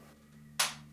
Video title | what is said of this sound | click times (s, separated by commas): DIY Spray Foam Insulation VS. Pros – Was it worth it? (Costs & Lessons Learned) | There we go. You hear that click? | 0.6 s